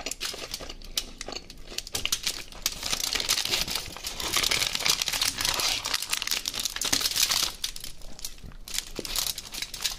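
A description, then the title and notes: Döner eating with dense, continuous crinkling and crackling of wrapper paper, bright and busy throughout, with quick irregular rustles and snaps. Mukbang ASMR Food Döner & Coca Cola.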